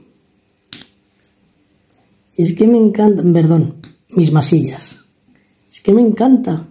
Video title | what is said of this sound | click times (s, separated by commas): Si lo haces así nunca mas tendras diamantes torcidos | escuchar el clic que hacen, ¿eh? Mirar. | 0.7 s, 0.8 s, 1.2 s